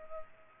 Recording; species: mosquito wingbeat signal from an infrared sensor; Culex pipiens